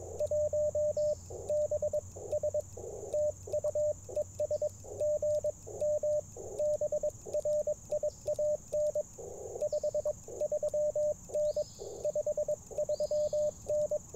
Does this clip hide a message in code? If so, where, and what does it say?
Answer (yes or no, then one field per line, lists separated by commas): yes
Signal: Morse code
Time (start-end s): 0.2-14.0 s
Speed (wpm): 22 wpm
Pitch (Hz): 590 Hz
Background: radio noise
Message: 1BS TU ES GM BRIAN 53N 53N